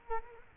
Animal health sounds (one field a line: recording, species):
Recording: mosquito wingbeat signal from an infrared sensor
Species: Culex quinquefasciatus